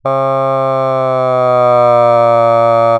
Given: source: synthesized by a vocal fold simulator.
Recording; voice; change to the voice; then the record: sustained vowel; male; asymmetry, level 7 of 51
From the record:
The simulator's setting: 1.60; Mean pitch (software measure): 125 Hz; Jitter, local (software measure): 0.19%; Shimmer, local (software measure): 0.9%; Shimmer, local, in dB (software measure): 0.09 dB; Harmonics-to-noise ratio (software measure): 35.2 dB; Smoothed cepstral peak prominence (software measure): 25.2 dB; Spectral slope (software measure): -16.9 dB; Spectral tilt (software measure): -12.1 dB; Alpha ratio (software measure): -7.4 dB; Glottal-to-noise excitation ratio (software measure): 0.982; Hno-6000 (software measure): 2.5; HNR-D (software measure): 29.8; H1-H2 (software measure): 4.3 dB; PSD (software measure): 4.7e-04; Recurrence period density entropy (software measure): 0.110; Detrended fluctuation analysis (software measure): 0.0577